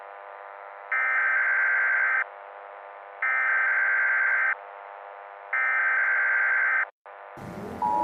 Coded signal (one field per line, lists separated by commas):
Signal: Emergency Alert System (SAME) tones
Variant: header bursts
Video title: Horrorlings Part 2: The Second Coming (EAS Scenario)